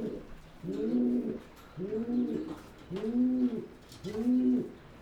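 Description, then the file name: Pigeon cooing: four full low, arched hooting notes, roughly one per second, each with a soft rising and falling contour. "holub"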